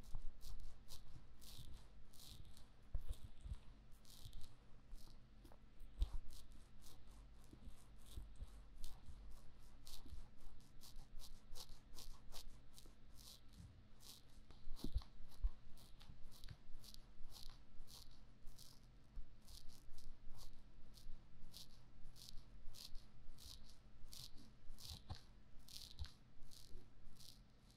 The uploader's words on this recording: 用蘆薈凝膠按摩耳朵. Aloe based gel sticky Earmassage | 3Dio | NoTalking.